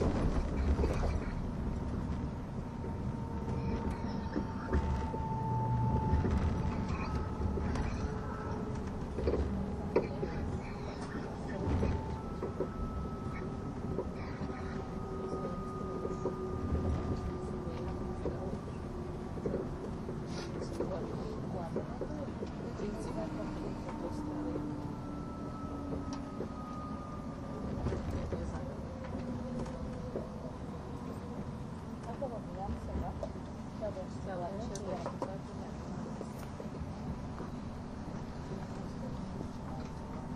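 An ETR610 tilting EuroCity train on the Gotthard Base Tunnel route runs with a steady, dense low rumble throughout. Thin whining tones slide slowly up and down over it, and a few brief clicks and knocks stand out near ten and twenty-eight seconds.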